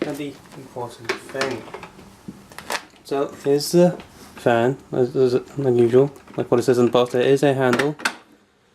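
A plastic handle piece is handled on a retro toy van playset while someone talks throughout. A few faint knocks from the plastic parts, including a brief tap near 2.5 s, come through between the speech, but the handle has not yet clicked on or seated by the end.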